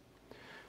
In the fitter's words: and twist it counterclockwise until it clicks